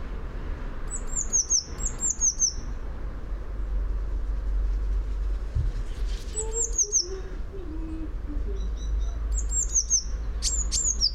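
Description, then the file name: Eurasian blue tit phrases of high, descending notes come in clusters, while a lower, softer series of falling notes briefly sounds midway. "Cyanistes caeruleus"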